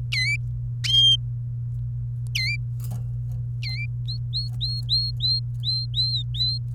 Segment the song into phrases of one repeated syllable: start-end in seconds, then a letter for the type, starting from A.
0.12-0.36 A, 2.35-2.56 A, 3.63-3.86 A, 4.08-6.58 B